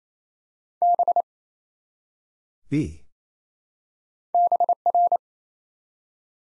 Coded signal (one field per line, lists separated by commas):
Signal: Morse code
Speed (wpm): 27 wpm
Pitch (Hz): 700 Hz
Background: none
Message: B BR